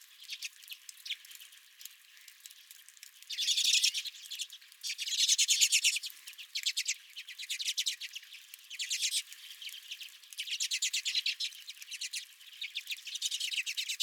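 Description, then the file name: Redpolls calling in repeated bursts of rapid ticking, buzzy notes, each run lasting about a second, coming again and again with brief quieter gaps. Several redpolls at the recordist's feeder. "Redpolls at My Feeder"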